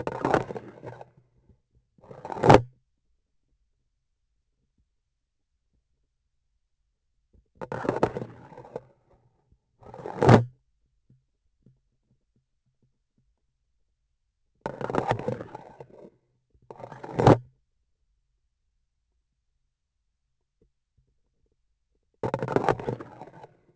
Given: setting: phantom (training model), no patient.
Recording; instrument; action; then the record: laparoscopic instrument, vibration sensor on the handle end; grasping forceps; insertion and removal through the trocar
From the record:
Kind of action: spatial motion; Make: other than Olympus